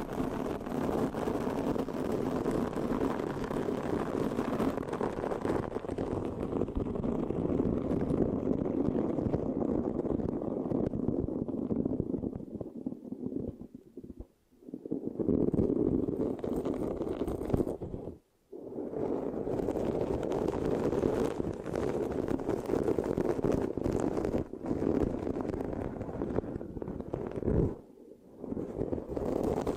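Dense, steady mic scratching with a low rumbling texture, broken by brief silent gaps near 14, 18 and 28 seconds.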